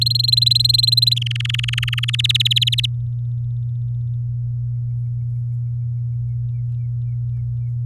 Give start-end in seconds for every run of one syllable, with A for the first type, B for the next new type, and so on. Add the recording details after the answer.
0.01-1.19 A, 1.21-2.16 B, 2.19-2.86 C. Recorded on 8 May 2018 at 19:43. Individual llb16